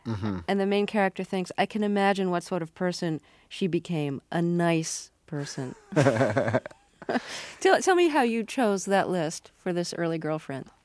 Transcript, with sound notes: And the main character thinks, "I can imagine what sort of person she became, a nice person."
(laughs)
Tell me how you chose that list for this early girlfriend.